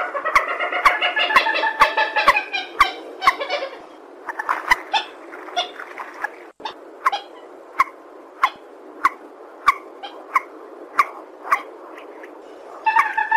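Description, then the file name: Purple swamphen giving a rapid series of nasal, harmonic honking notes that fade into spaced single notes, with sharp clicks throughout. "tieng trich re keu"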